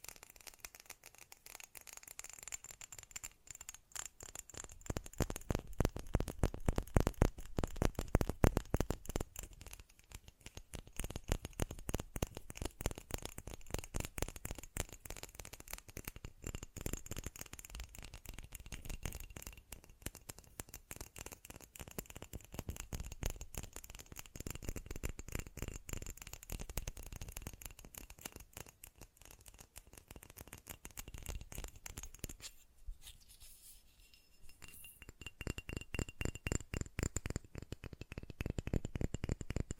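Rapid, dense tapping runs throughout, strongest around seconds 5–9, easing briefly near 10, 29 and 33, with a faint steady whine above.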